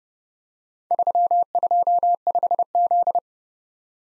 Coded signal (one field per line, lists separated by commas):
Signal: Morse code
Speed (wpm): 28 wpm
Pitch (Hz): 700 Hz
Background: none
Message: 325Z